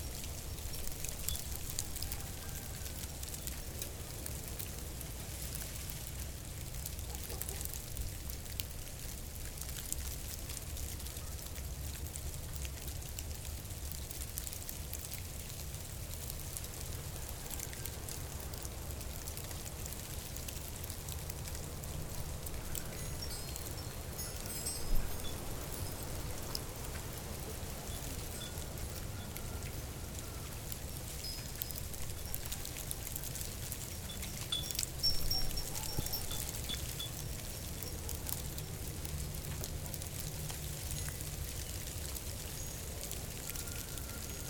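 Sleet and ice patter steadily from a porch under a low rumble, with a few sharper clicks near 25 and 35 seconds.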